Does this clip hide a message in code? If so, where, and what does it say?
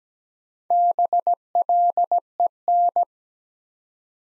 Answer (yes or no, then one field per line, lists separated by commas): yes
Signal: Morse code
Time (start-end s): 0.7-3.0 s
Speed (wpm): 17 wpm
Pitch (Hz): 700 Hz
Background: none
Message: BLEN